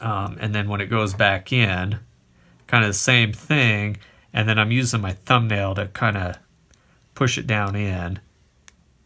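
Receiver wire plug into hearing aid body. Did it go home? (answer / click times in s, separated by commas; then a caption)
yes / 8.7 s. A receiver wire plug is pushed down into a hearing aid body with a thumbnail while someone talks. A short, sharp click at 8.7 s, after the talking stops, marks the plug snapping into place.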